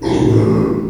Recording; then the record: squeal of a Yucatan mini pig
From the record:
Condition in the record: before surgery on the right vocal fold (resection and tissue-engineered implant); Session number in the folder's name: 1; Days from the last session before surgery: -3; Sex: male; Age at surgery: 12 weeks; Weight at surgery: 13 kg